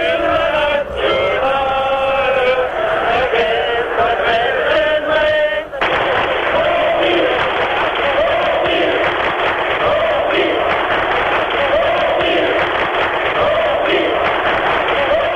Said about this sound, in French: Au premier rang du cortège qui s'étire sur 6 km, une banderole rouge, Gorbi, ne nous laisse pas tomber. Plus loin, un portrait, un seul, celui bien sûr de Gorbatchev. L'international retentit.